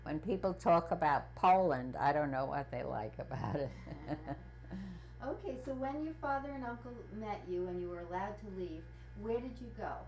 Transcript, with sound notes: When people talk about Poland, I don't know what they like about it. [Chuckles]
Yeah. Okay, so when your father and uncle met you and you were allowed to leave, where did you go?